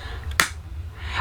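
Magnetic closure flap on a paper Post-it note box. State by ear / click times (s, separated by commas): seated / 0.4 s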